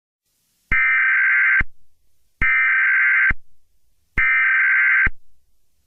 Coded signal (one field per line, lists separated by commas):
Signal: Emergency Alert System (SAME) tones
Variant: header bursts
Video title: EAS Scenario #80: Ghost Storm